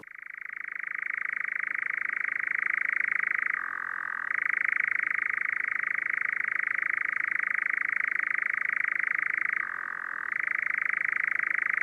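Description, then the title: European nightjar churring: a long, even, mechanical trill that drops briefly to a lower pitch twice before returning to its higher steady level. "Kehrääjä"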